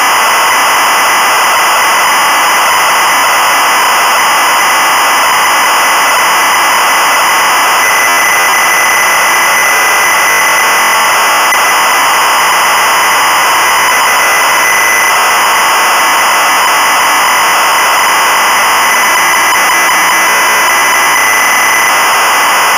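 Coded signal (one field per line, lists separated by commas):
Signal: ZX Spectrum tape loading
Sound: continuous harsh screeching data warble around one to two kilohertz, steady loudness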